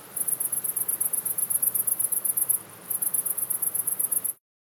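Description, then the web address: Cricket giving rapid high pulsed chirps in two runs split by a short gap, with a low windy rush beneath, ending abruptly. "best service Blue Box animals crickets wind"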